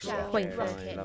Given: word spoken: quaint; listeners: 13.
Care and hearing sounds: one English word in noise, from a listening test; four-talker babble; 0.8 dB; 0 of 13; 10 of 13; 0.65 s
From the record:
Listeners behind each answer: 10, 1, 1, 1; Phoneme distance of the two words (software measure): 27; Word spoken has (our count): 1 syllable, 5 phonemes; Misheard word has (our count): 1 syllable, 4 phonemes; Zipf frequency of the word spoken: 3.41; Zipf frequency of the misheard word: 5.60

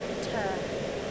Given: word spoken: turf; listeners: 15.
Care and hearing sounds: one English word in noise, from a listening test; speech-shaped noise; -4.7 dB; 1 of 15; 13 of 15; 0.72 s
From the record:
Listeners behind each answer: 13, 1, 1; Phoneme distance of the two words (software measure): 10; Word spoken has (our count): 1 syllable, 3 phonemes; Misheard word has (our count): 1 syllable, 3 phonemes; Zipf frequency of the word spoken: 3.80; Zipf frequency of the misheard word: 5.45

